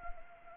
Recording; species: mosquito wingbeat signal from an infrared sensor; Anopheles arabiensis